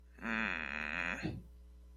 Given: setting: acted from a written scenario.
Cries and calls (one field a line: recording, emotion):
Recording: vocal sound without words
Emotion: shame